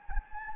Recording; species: mosquito wingbeat signal from an infrared sensor; Anopheles gambiae